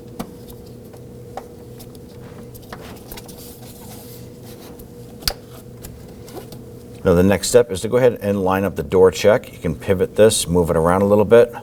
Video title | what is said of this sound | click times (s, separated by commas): How to Replace Front Door Checks 2001-2009 Volvo S60 | There's just these little tabs are on the perimeter that will snap into place. | 5.3 s